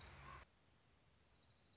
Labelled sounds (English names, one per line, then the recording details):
Orange-crowned Warbler
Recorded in Sonoma County, California